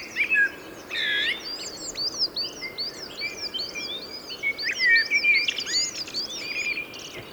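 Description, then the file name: Common blackbird song: short fluted, warbling phrases with high chirps and trills throughout. "Turdus merula"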